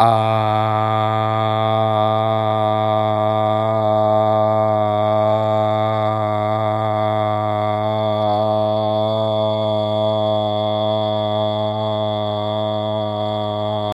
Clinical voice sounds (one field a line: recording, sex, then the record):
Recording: sustained vowel /a/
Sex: male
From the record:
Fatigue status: no fatigue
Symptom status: symptomatic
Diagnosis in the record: COVID-19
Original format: m4a